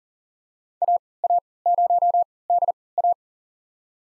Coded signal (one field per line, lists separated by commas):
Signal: Morse code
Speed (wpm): 37 wpm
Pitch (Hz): 700 Hz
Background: none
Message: AA0DA